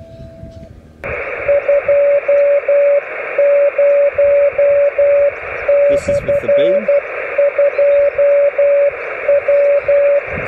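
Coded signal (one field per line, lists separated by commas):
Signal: Morse code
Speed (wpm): 12 wpm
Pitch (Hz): 570 Hz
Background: radio noise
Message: 20/2W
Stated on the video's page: Amateur signal on 28 MHz, received on a crude vertical wire dipole with an added parasitic element forming a 2-element beam.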